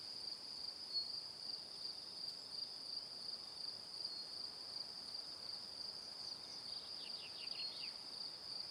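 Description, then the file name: Cricket chirping continuously and shrilly, with a brief run of descending notes toward the end. Crickets chirping in the evening. "Calm - Evening Crickets"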